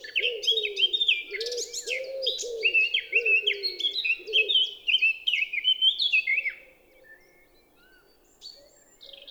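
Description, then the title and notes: Eurasian blackcap singing a rich, rapid warble of fluty and scratchy notes for about six and a half seconds, with low cooing from a wood pigeon under the first four seconds, then near quiet. Recorded 10 April 2020 at Champs des Blas, Val Maravel, after the dawn chorus; single melodious singer; wood pigeon cooing behind; Nagra LB recorder, stereo omni MKH20 microphones. "Fauvette à tête noire (Sylvia atricapilla). Champs des Blas - Val Maravel"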